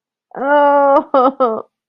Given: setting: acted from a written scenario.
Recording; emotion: vocal sound without words; pain